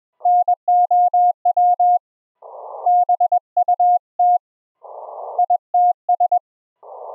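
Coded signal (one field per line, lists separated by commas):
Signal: Morse code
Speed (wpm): 21 wpm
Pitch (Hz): 710 Hz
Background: none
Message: NOW BUT ITS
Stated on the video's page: Live HF QSO audio from the rig streamed over a wired LAN as TCP Opus audio through a Raspberry Pi to a remote laptop.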